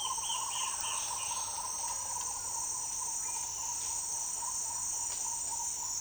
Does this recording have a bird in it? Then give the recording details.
yes. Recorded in dense forest near Puerto Asís, Putumayo, Colombia, on 24 March 2025 at 07:30. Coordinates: 0.503, -76.323. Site GP09